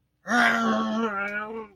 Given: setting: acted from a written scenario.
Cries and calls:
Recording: vocal sound without words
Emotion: anger

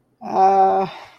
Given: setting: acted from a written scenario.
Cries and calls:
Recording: vocal sound without words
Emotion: embarrassment

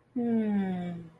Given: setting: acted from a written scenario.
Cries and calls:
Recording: vocal sound without words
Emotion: romantic love

